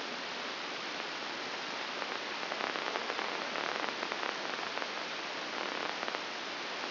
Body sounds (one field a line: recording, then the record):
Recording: brain microelectrode recording played as sound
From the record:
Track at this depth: outside the subthalamic nucleus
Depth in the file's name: 6.661 mm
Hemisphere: left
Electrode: 2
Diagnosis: Parkinson's disease